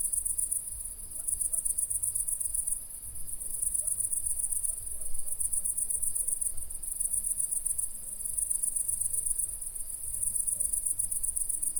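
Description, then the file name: Cricket chorus of fast, high, shrill pulsed chirps in repeated bursts separated by short pauses, with a faint low rumble beneath. Crickets chirping at night. "Night Ambience With Crickets"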